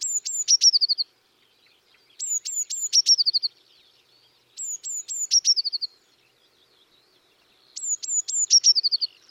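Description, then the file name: Eurasian Blue Tit song: several sharp high notes followed by a short falling trill, phrases repeated about every two to three seconds, four times, no other clear sounds. "Cyanistes caeruleus"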